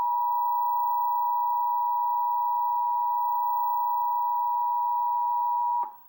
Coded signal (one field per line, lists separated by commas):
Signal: Emergency Alert System (SAME) tones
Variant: 853 and 960 Hz attention tone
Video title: EAS: New Jersey RMT (2/17/2026)